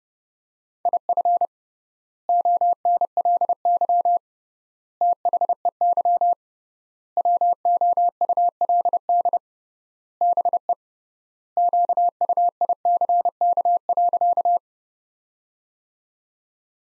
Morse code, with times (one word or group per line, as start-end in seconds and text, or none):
0.9-1.5 IF
2.3-4.2 ONLY
5.0-6.3 THEY
7.2-9.4 WOULD
10.2-10.7 BE
11.6-14.6 QUICK.